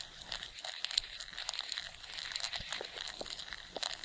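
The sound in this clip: Ants producing a continuous patter of sharp high clicks and scratchy rustles, a few louder snaps standing out, with faint squeaky tones in between.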